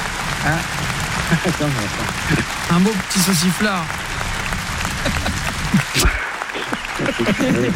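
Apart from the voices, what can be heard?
audience applause and cheering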